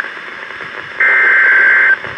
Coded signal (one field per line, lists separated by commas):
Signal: Emergency Alert System (SAME) tones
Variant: header bursts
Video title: Severe Thunderstorm Warning (EAS #1523-1524)